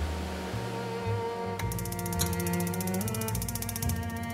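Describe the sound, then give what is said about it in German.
Room heating in a Berlin room hums with a steady low drone, then a rapid, even metallic ticking starts partway through and keeps clicking on over the hum, with no voices. “Heizungsgeräusche wie diese gibt es nur in Berliner Zimmern.”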